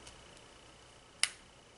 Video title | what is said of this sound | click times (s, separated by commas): Nexus Patent Pending Glueless Model Rocket Assembly | the center ring over the motor tube aligned with the motor hook and click | 1.2 s